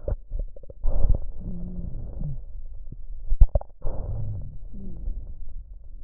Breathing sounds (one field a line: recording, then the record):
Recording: lung sounds by stethoscope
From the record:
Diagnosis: chronic bronchitis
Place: left posterior upper chest